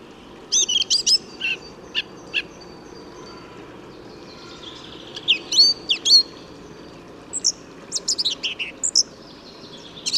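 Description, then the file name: Song thrush singing varied, high-pitched phrases of sharp notes and chirps, several repeated in quick groups, with brief silences between phrases and a quiet hissing background. "Singdrossel Gesang"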